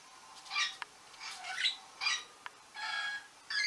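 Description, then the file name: Orange-winged amazon giving a series of hoarse squawks, with a couple of sharp clicks between them. "venesuelskii amazon"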